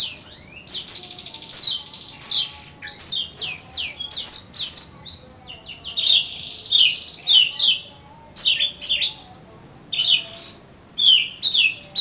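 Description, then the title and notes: Oriental magpie-robin song: a series of sharp whistled notes and phrases, dense at first, then with longer pauses, with a thin steady high tone in the background. "suara kacer. kumpulan suara burung kacer"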